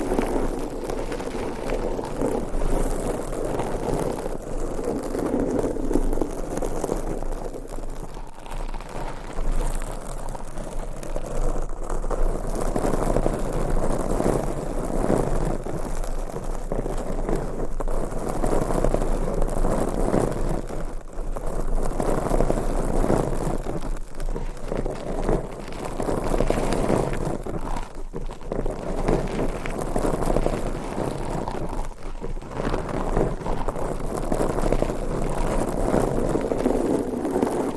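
Microphones being scratched and rubbed by hand make a dense, rough scraping that continues through the whole clip. The noise sits mostly in the low and middle range, with brief dips and surges as the strokes change pace. It is steady, with no other sounds.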